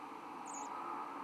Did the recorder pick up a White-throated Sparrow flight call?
no